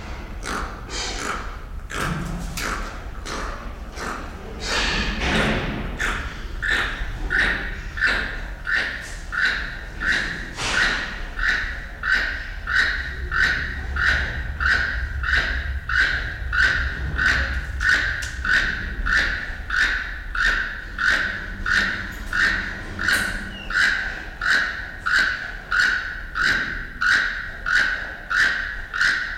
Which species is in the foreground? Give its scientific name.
Ramphastos sulfuratus